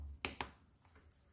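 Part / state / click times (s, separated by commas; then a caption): plastic lock washer onto safety eye stem in crochet toy / seated / 0.2 s, 0.4 s. A plastic lock washer is pushed onto the stem of a safety eye through a crocheted elephant head. It snaps on with two sharp clicks at 0.3 s and 0.4 s, seating the washer. A faint, high tick follows at 1.1 s.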